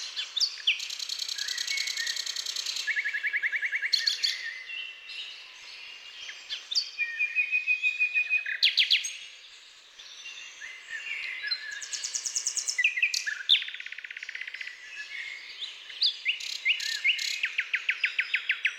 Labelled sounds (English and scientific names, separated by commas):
Common Nightingale (Luscinia megarhynchos) song